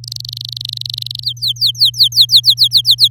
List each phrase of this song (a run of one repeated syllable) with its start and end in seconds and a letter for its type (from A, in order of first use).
0.04-1.24 A, 1.24-3.08 B